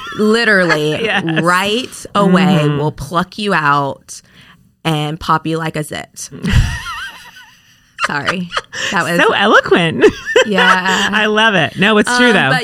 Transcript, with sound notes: Literally, right away, will pluck you out, and pop you like a zit. (laughing) Sorry, that was– So eloquent. Yeah. I love it, no, it’s true though.